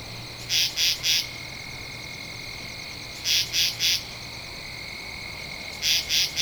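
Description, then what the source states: Katydid sounding regular buzzy bursts of three rasps, repeated about every two and a half seconds over a steady high hum. Recorded 2 October 2012.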